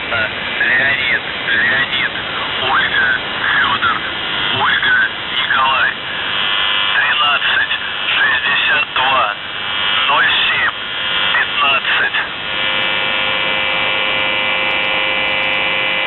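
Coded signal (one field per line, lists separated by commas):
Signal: numbers station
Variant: UVB-76, Russian voice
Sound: a man's voice reading a message over radio static, then steady humming tones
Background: radio static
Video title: The Buzzer/UVB-76(4625Khz) May 11th, 2023 Voice messages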